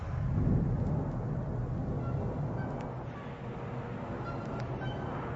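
A deep, continuous rumble of thunder rolls on for several seconds at a fairly steady level, heavy in the low end, with no voices over it.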